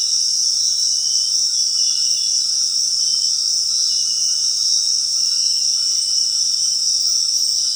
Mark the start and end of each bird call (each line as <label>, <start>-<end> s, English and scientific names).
White-throated Toucan (Ramphastos tucanus), 0.00-2.11 s